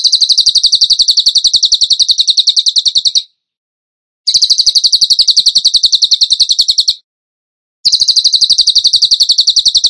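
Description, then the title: Bird song in three bursts of fast high chirps, the first two about three seconds long, separated by short silent gaps. Masteran (training song for songbirds), tembakan gacor song style. "Masteran Burung Tembakan Gacor"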